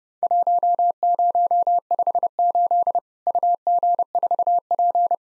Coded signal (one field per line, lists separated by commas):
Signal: Morse code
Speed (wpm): 30 wpm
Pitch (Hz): 700 Hz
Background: none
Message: 1058 UG4P